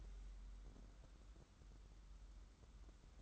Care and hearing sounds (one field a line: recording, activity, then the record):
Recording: daily activity, microphone in the room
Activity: take from stove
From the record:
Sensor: 3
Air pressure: 994.4 hPa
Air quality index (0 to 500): 213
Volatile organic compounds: 1000 ppm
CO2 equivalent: 7109 ppm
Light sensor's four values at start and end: 199/480/202/201 and 199/480/202/201